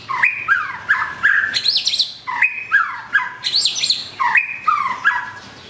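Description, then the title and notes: White-rumped shama song: rich whistled phrases, a repeated rising-and-falling motif mixed with higher sweeping notes and brief sharp clicks. Training song for teaching cage birds. "Masteran Murai Batu"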